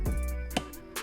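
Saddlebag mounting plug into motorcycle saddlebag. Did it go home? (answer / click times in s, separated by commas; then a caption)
yes / 0.6 s. A saddlebag mounting plug on a Harley-Davidson motorcycle saddlebag is pulled out, run through the hole of a KemiMoto saddlebag organizer, and pushed back into the saddlebag mount. Over a steady low hum, a softer knock at 0.1 s is followed by a sharp click at 0.6 s as the plug seats, with a brief rustle near the end. The plug is confirmed seated back in place.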